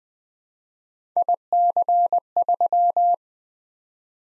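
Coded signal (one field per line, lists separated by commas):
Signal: Morse code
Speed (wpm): 20 wpm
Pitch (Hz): 700 Hz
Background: none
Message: IC3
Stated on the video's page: Morse practice drill at 20 wpm of random three-character letter-number groups for head-copy, each sent, spoken, then sent again.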